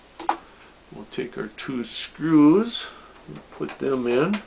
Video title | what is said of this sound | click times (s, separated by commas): Power Supply Replacement 001 | push it to the back until it locks into place we'll | 0.3 s